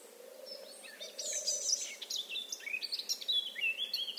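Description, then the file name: Eurasian blackcap, a short burst of quick warbling with rising whistled slurs. "Sylvia atricapilla"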